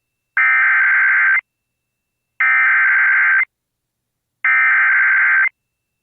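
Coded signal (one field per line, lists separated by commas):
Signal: Emergency Alert System (SAME) tones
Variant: header bursts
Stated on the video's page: Personally captured EAS alerts from Arkansas.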